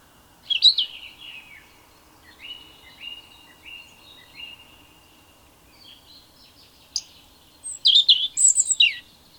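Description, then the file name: European robin singing thin, high whistled phrases, including a run of short sliding notes, ending in a rapid tangle of sharp, very high twittering. "Erithacus rubecula"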